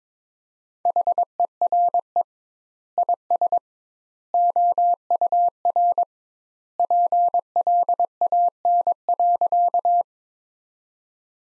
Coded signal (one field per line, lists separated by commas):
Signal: Morse code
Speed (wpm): 22 wpm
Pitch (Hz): 700 Hz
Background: none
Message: HERE IS OUR PLAN.